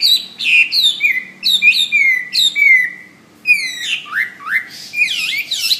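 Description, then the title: Bird song of repeated downslurred whistles, a short pause, then looping swooping notes. "SuaraBurung Kicau"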